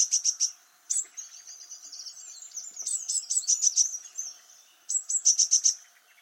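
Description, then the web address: Eurasian blue tit giving high chattering calls, short bursts of quick repeated notes broken by a thin buzzy stretch, with brief pauses between bursts. "cianscape. Deverinetal"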